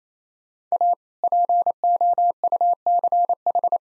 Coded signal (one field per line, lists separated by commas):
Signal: Morse code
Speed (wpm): 27 wpm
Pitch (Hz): 700 Hz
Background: none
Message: A POUCH